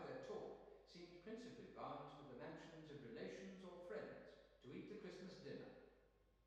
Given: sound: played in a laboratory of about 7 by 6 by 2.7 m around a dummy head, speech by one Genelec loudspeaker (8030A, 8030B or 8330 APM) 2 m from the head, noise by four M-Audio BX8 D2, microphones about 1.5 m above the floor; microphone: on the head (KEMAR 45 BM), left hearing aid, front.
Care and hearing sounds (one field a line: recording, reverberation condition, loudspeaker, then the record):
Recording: male speech in English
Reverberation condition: high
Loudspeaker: 90 degrees to the right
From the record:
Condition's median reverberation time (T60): about 1300 ms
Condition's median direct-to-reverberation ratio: about -4.0 dB